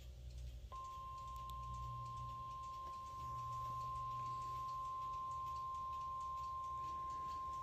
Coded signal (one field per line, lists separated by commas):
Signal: Emergency Alert System (SAME) tones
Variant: 1050 Hz attention tone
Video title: Rwt EAS #151